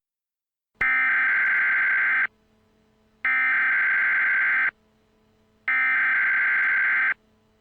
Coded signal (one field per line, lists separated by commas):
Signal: Emergency Alert System (SAME) tones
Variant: header bursts